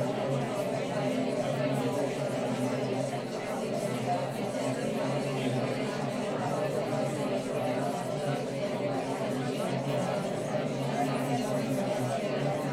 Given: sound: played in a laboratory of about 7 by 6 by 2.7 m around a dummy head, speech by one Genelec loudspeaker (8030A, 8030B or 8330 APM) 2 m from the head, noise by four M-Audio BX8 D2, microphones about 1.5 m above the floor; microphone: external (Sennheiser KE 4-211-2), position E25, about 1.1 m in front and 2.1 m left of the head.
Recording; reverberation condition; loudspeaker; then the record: babble noise; low; four, about 170 cm from the corners of the room and facing them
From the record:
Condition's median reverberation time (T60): about 310 ms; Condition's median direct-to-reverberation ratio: about 3.5 dB